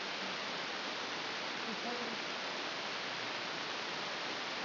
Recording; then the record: brain microelectrode recording played as sound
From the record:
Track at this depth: inside the subthalamic nucleus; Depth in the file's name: 5.115 mm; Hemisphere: left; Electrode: 2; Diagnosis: Parkinson's disease